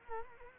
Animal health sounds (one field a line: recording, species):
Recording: mosquito wingbeat signal from an infrared sensor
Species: Culex quinquefasciatus